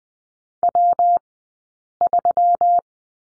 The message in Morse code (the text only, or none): W3